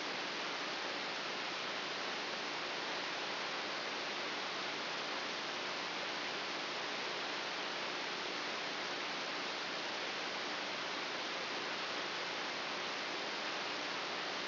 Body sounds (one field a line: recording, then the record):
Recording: brain microelectrode recording played as sound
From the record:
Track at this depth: inside the subthalamic nucleus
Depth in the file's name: 2.404 mm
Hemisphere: right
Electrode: 3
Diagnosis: Parkinson's disease